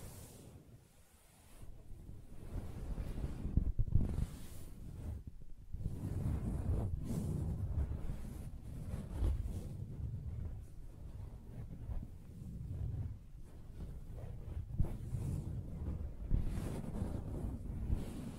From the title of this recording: Soft Fabric Surface Tapping & Scratching